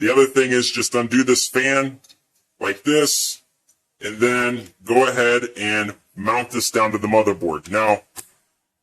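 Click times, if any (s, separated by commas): none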